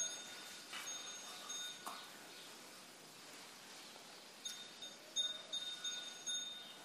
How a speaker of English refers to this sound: First, close your eyes and just pay attention to the sound of the bell.